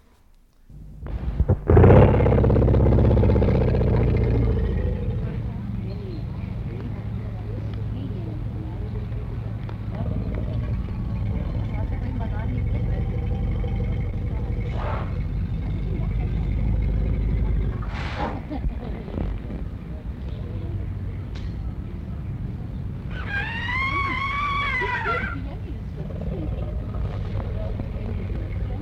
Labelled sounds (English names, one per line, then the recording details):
Asian Elephant
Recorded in captivity
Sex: female
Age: adult
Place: Zoo Berlin, Berlin, DE
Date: 1960-10-01 14:15
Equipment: Minifon, Kopie Smaragd
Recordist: Tembrock, Günter